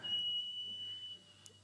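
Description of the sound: A steady, thin, very high-pitched whine holds an even pitch for about a second, then fades out over faint background hiss. It imitates an adult's constant high-pitched tinnitus, heard most in total silence, which began after a jaw correction and has caused trouble falling asleep at night.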